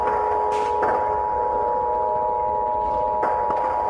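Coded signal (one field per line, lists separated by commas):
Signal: Emergency Alert System (SAME) tones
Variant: 853 and 960 Hz attention tone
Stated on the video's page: Fictional alert scenario, simulated with a siren pack.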